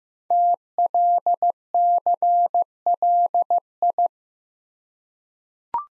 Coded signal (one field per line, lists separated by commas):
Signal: Morse code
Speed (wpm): 15 wpm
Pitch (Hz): 700 Hz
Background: none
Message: TLCLI